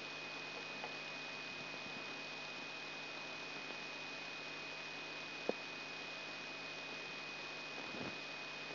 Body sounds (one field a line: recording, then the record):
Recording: brain microelectrode recording played as sound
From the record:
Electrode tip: outside the subthalamic nucleus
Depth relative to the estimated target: -6 mm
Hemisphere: right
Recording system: AlphaMap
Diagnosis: Parkinson's disease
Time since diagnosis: 6 years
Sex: female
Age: 40 years